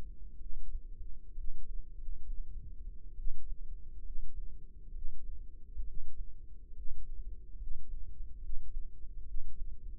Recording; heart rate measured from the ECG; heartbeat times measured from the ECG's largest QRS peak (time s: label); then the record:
heart sounds by microphone in the left ear; 68 bpm
0.36 s: heartbeat
1.32 s: heartbeat
1.93 s: heartbeat
3.14 s: heartbeat
4.01 s: heartbeat
4.90 s: heartbeat
5.82 s: heartbeat
6.71 s: heartbeat
7.55 s: heartbeat
8.37 s: heartbeat
9.23 s: heartbeat
From the record:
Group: healthy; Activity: rest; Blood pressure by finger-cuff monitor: 114/72 mmHg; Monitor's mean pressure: 84 mmHg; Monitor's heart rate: 67 bpm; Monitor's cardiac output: 5.4 L/min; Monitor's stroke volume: 81 mL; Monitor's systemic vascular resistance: 1120 dyn s/cm5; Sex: female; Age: 22 years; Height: 171 cm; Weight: 65.6 kg